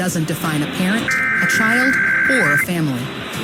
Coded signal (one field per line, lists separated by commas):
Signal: Emergency Alert System (SAME) tones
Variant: header bursts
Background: speech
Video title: Usual Monday Time Zone IPAWS Weeklies (EAS #16770-16777) 3/11/24